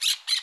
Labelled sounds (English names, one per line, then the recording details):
Brown-throated Parakeet contact call
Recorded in Curacao
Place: Hoffi Jan Thiel
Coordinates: 12.094, -68.877